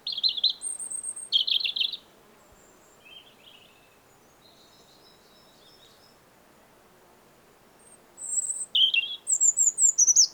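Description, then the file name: European robin sings in bursts: loud high warbled notes at the start, soft scattered fragments during a long quieter stretch, then another lively run of thin, varied phrases. "Erithacus rubecula"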